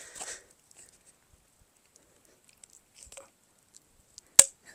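A plastic barbed drip fitting is pushed into a hole punched with a landscape stake in polyethylene drip irrigation tubing. Soft rustling and faint plastic creaks lead up to a loud, sharp pop at 4.4 s as the fitting seats in the line.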